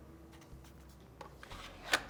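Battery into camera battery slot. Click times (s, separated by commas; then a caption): 1.9 s. A battery is inserted pins facing down and slid into the battery slot of a Sony FS5 camera, with soft handling and rubbing noises and a couple of faint ticks around 1.2 and 1.4 seconds. A sharp, loud click at 1.9 seconds marks the battery seating into place.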